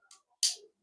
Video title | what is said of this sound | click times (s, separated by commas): How to Terminate an Ethernet Cable (RJ45) | Okay. So, you hear the noise there. So, you hear some noise, click, meaning that everything is | 0.4 s